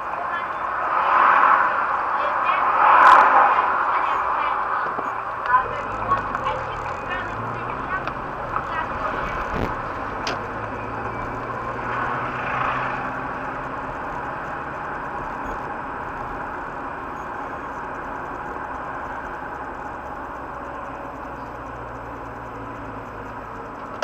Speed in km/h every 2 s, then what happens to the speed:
2, 2, 2, 12, 17, 5, 10, 17, 29, 29, 27, 24.
0-4 standing. 4-7 pulls away to 17. 8-11 brakes to 5. 11-16 speeds up to 29. 16-24 steady at about 27.